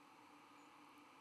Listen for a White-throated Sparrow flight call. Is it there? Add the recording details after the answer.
no. Another species' flight call is heard. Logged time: 03:07 on 12 November 2014